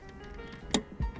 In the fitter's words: sure those tabs slide in correctly and then turn it clockwise until you hear that little click that's how you know that it's locked in place